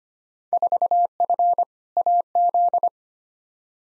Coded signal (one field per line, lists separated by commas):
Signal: Morse code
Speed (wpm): 25 wpm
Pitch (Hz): 700 Hz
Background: none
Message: 4F AZ